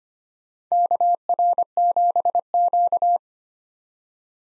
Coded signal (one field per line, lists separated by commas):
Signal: Morse code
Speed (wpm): 25 wpm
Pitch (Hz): 700 Hz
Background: none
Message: KR7Q